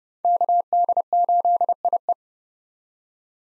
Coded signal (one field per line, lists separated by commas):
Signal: Morse code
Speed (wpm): 30 wpm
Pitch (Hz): 700 Hz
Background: none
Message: KD8IE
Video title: 2023 POTA Activator Call Signs - 30wpm